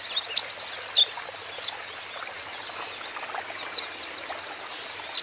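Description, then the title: Van Hasselt's sunbird giving shrill, high, clipped notes and brief twitters, spaced unevenly, with faint hiss behind. Young, green-plumaged (konin ijoan) kolibri ninja in lively (gacor) song; used as a lure and therapy so untrained (bahan) konin birds will answer. "KOLIBRI NINJA KONIN IJOAN GACOR COCOK UNTUK PANCINGAN TERAPI KONIN BAHAN PASTI NYAUT"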